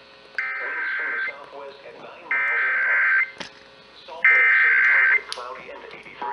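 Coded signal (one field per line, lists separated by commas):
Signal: Emergency Alert System (SAME) tones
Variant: header bursts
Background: speech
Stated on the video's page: Received EAS tests, including Required Weekly Tests.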